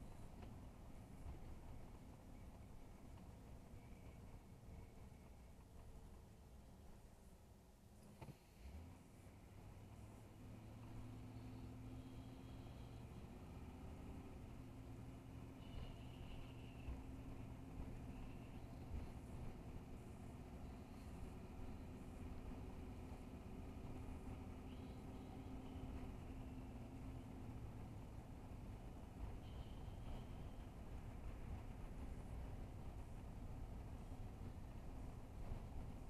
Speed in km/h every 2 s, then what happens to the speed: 29, 21, 6, 5, 16, 23, 29, 34, 37, 39, 40, 42, 44, 44, 44, 44, 44, 42.
0-6 brakes to 5. 6-24 speeds up to 44. 24-36 steady at about 44.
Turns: none.